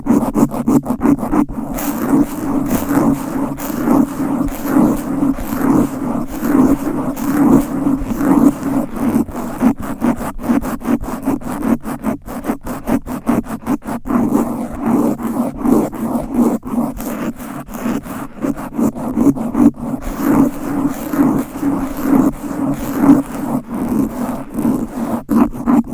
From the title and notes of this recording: ASMR Fast and Aggressive Mic Scratching. No Talking.